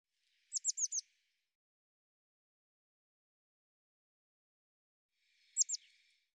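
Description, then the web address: Bird song: one phrase of four high, sharply falling notes, then silence and a brief two-note fragment at the end. "cianscape birddata Deverinetal 2025 File cleaned normalized Bird Cy Ca"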